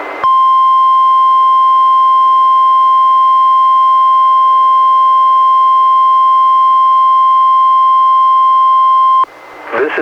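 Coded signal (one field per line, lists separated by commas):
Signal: Emergency Alert System (SAME) tones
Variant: 1050 Hz attention tone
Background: speech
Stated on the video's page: Required Weekly Test tones from NWS Portland relayed by NOAA Weather Radio station in Astoria, received on a Reecom R-1630 weather radio and recorded via Zoom H1.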